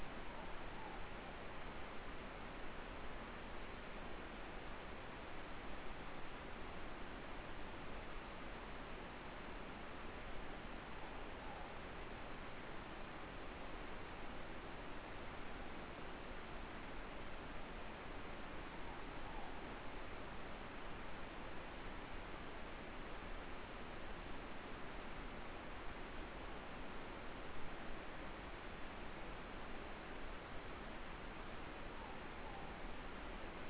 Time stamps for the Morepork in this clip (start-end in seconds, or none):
0.21-1.09, 10.88-11.78, 18.75-19.53, 31.84-32.66